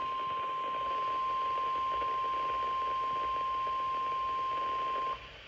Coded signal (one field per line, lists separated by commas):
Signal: Emergency Alert System (SAME) tones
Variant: 1050 Hz attention tone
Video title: Emergency Alert! NOAA Weather Radio Severe Thunderstorm Watch 307 EAS filmed on 6/10/2026